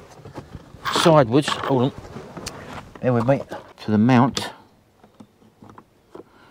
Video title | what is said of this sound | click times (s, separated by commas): Atoto P909Pr S3 Carplay Or Android On Dash Navigator Unit In A Transit Van | and it locks in place. | 5.8 s